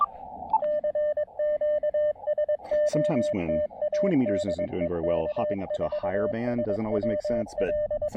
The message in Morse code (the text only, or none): CQ SOTA DE K4SWL